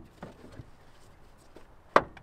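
A wiring connector is pushed back onto a new headlight bulb in the headlamp housing of a BMW 3 and 4 Series F-Series sedan, coupe or convertible. A few soft handling knocks come before one sharp, loud click at 2.0 seconds, which shows the connector has seated.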